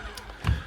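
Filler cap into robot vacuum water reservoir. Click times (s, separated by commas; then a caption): 0.2 s, 0.5 s. A small plastic filler cap on the water reservoir of an Ecovacs Deebot Ozmo 920 robot vacuum is pressed shut, clipping in a little tightly. Two sharp clicks are heard at 0.2 s and 0.5 s, the second louder with a low thump. The cap is seated and clipped closed.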